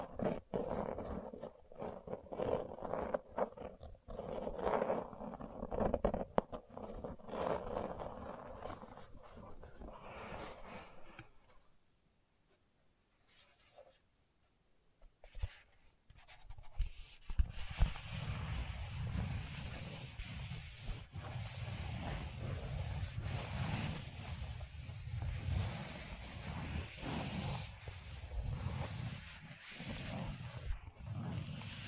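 Gentle scratching with soft rubbing strokes comes in irregular bursts for the first eleven seconds, then stops into near silence for about five seconds. From around seventeen seconds the scratching returns, denser and lower, with a steady rustling texture and frequent brief taps.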